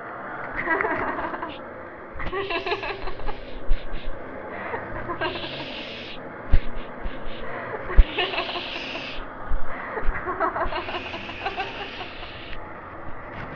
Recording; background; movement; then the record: laughter; traffic; sitting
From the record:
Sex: female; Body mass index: 18.3 kg/m2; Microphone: on the chest, facing the body